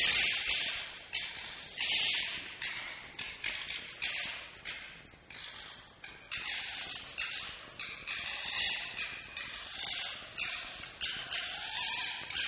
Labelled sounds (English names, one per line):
Red Fox